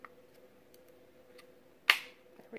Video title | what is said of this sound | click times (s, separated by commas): The Kaos Z Mod 200 Watt from Sigelei | clicks into place and | 1.9 s